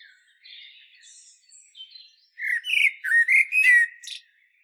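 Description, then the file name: Common blackbird song: quiet high chatter, then a loud rich fluted phrase of several notes tipped with shrill squeaks. "Turdus merula"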